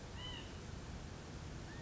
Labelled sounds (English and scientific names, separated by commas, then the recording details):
White-breasted Nuthatch (Sitta carolinensis)
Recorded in Sonoma County, California